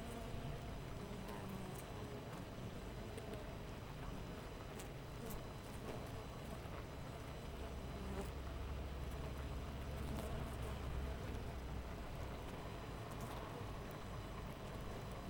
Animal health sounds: honeybee colony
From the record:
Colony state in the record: missing queen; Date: 14 July 2017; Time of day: 5:41

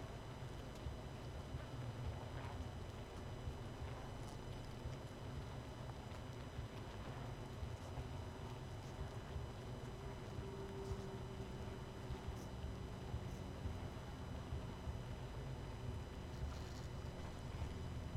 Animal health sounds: honeybee colony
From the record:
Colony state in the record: missing queen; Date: 31 May 2018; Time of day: 20:17

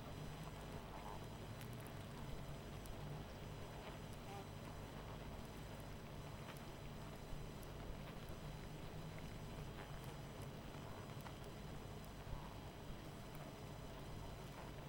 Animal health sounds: honeybee colony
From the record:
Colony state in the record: missing queen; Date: 14 July 2017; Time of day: 21:17

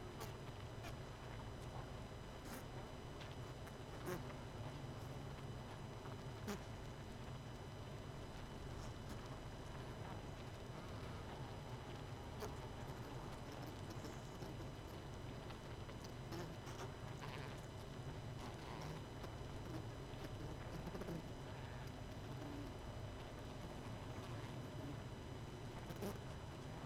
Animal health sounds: honeybee colony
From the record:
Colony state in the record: missing queen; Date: 31 May 2018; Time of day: 22:25

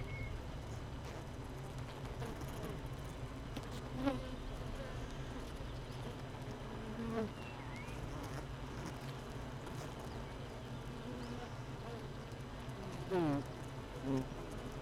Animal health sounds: honeybee colony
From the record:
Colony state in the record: missing queen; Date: 31 May 2018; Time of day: 7:39

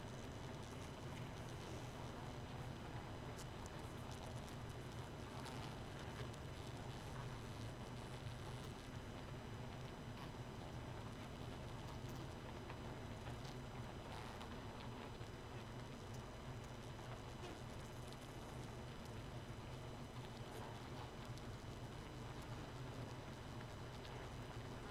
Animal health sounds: honeybee colony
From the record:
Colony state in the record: missing queen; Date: 31 May 2018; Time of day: 0:40

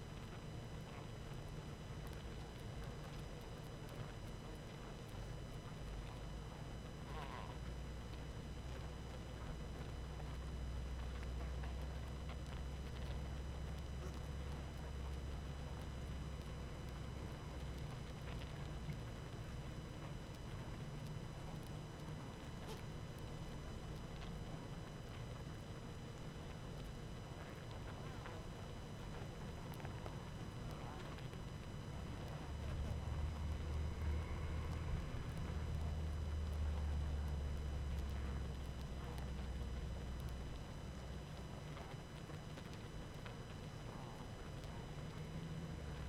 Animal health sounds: honeybee colony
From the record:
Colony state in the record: active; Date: 12 June 2018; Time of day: 19:21

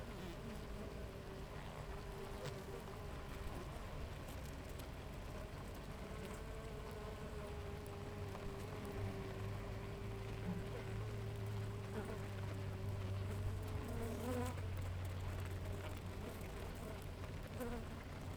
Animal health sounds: honeybee colony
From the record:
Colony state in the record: active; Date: 28 July 2017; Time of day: 6:50

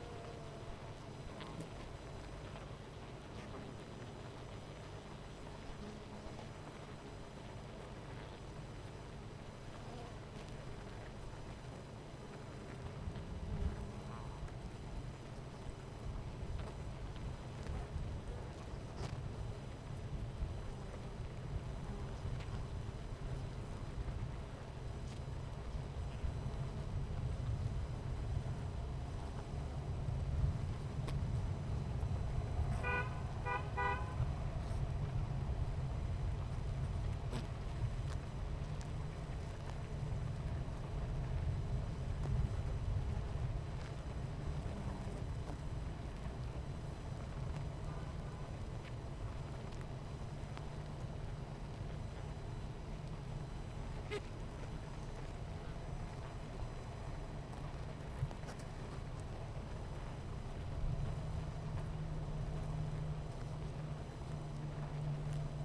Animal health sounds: honeybee colony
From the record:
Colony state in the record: missing queen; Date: 14 July 2017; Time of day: 10:50

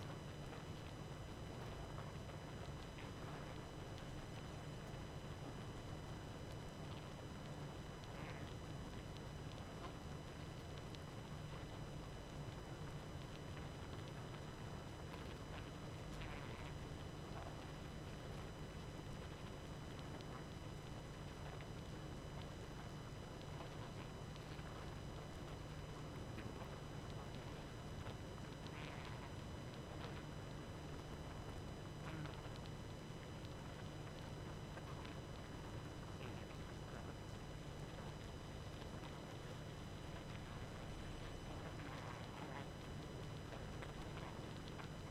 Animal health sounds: honeybee colony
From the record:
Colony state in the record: active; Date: 12 June 2018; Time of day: 23:12

